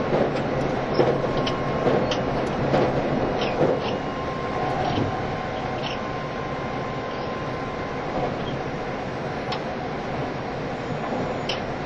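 A train runs with a steady, dense rumble that holds an even level for the whole stretch, its low roar filling the sound. A faint steady whine rides on top, and light clicks and rattles pop up every second or two.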